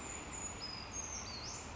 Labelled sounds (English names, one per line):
Brown Creeper